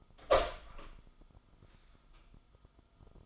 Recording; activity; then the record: daily activity, microphone in the room; open door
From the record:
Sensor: 5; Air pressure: 1005.0 hPa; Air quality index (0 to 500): 99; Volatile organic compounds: 2 ppm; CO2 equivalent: 1207 ppm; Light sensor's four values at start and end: 34/78/31/30 and 34/78/31/30